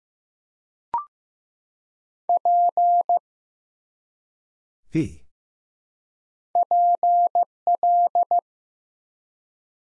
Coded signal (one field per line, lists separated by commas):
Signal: Morse code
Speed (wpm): 15 wpm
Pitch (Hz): 700 Hz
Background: none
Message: P PL